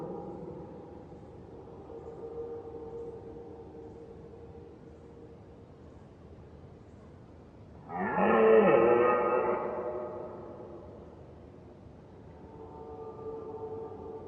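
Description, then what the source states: Red deer roar: a faint droning call in the background, then a loud harmonic bellow at about eight seconds, followed by a softer returning drone. Recorded at far distance.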